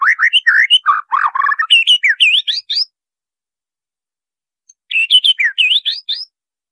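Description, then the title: White-rumped shama song, a quick burst of sweet rising and falling whistles and chirps, then silence before a second short varied phrase. Training song recording (masteran) for caged birds; titled "labaik". "MURAI BATU LABAIK"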